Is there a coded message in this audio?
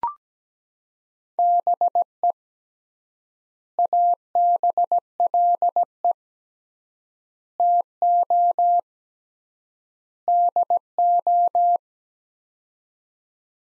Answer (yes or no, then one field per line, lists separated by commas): yes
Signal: Morse code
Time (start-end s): 1.4-11.8 s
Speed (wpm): 17 wpm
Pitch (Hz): 700 Hz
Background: none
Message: BE ABLE TO DO